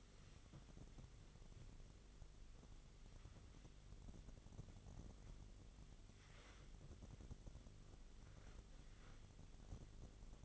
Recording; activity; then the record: daily activity, microphone in the room; wipe stove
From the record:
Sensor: 4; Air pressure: 1004.0 hPa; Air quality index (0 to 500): 158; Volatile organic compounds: 2 ppm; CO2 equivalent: 1123 ppm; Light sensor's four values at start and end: 12/29/12/13 and 12/29/12/13